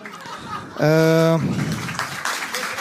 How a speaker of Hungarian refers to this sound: A faszomért tapsoltok ilyen baromságért.